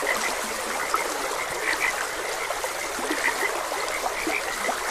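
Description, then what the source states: Several frogs give brief, bright calls in scattered bursts, set against the constant hiss and trickle of running water. Frogs croaking beside a gentle stream.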